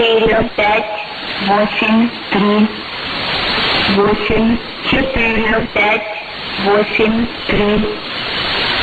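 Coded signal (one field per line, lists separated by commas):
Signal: numbers station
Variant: S06s, Russian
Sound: a woman's voice reading short words in even rhythm over steady radio hiss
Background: radio static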